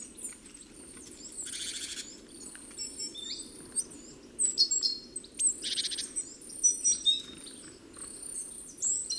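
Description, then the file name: Great tit calls: two harsh buzzy churring rattles, one early and one later, among many high thin chips and whistled notes in loose groups over a low hum. "Parus major"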